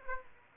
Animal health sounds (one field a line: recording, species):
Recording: mosquito wingbeat signal from an infrared sensor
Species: Aedes aegypti